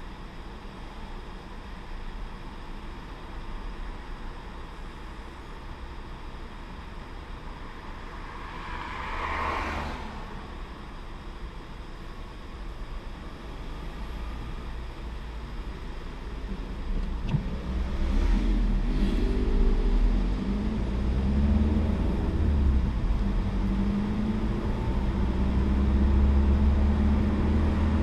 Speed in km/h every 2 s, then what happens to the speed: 0, 0, 0, 0, 0, 0, 0, 0, 0, 11, 23, 26, 35, 40.
0-16 standing. 16-28 pulls away to 40.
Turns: none.